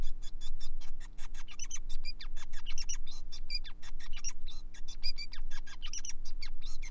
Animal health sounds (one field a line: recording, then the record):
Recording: song of a male Bengalese finch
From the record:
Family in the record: son of father 5